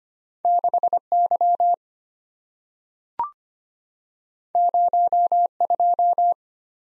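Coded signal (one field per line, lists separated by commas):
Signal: Morse code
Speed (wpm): 25 wpm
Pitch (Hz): 700 Hz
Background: none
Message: 6Y 02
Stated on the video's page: Head-copy practice at 25 wpm of random two-character letter and number combinations, each sent in Morse, spoken, then sent again.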